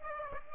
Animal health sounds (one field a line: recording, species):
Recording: mosquito wingbeat signal from an infrared sensor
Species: Aedes aegypti